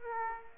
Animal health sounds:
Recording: mosquito wingbeat signal from an infrared sensor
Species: Aedes aegypti

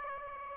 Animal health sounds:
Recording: mosquito wingbeat signal from an infrared sensor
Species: Aedes aegypti

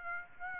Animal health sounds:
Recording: mosquito wingbeat signal from an infrared sensor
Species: Aedes aegypti

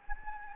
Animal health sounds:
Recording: mosquito wingbeat signal from an infrared sensor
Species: Anopheles gambiae

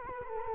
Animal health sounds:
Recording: mosquito wingbeat signal from an infrared sensor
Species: Culex quinquefasciatus

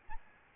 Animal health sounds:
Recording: mosquito wingbeat signal from an infrared sensor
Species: Aedes albopictus

